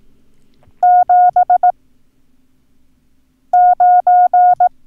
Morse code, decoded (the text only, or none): 7 9